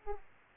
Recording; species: mosquito wingbeat signal from an infrared sensor; Aedes aegypti